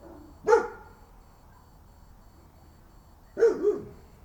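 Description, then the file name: Dog giving a single bark, a pause of about three seconds, then a quick double bark, against a quiet low rumble. Dog at night. "Bin Dog Night"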